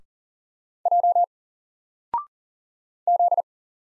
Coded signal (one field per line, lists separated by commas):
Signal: Morse code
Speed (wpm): 40 wpm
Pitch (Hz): 700 Hz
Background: none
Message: J Z